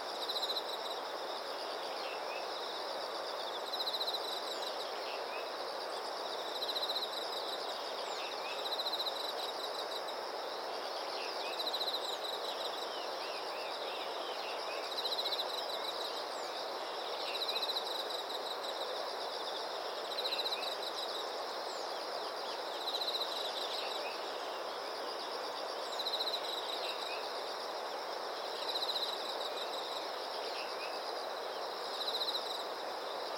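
Insects chirr in a dense, steady chorus in a riverside forest at morning, with regular pulsing bursts every few seconds and scattered faint bird calls.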